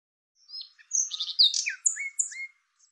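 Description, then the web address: Bird song made of a varied phrase: scratchy twitters, then several clear, sharply falling whistled notes in quick succession. Audio cleaned and normalized. "cianscape birddata Deverinetal 2025 File cleaned normalized Bird Lu Me Lu Me"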